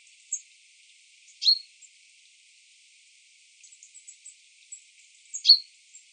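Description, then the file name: Common chaffinch uttering a few crisp, high single call notes several seconds apart, with faint ticking sounds in between. "Fringilla coelebs"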